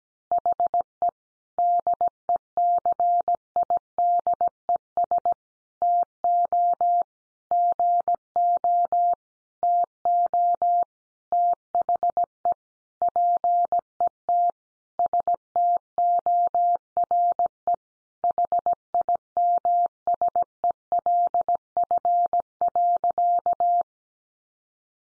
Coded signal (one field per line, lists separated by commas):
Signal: Morse code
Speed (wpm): 17 wpm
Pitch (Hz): 700 Hz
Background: none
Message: HE DECIDES TO GO TO THE PET STORE HIMSELF.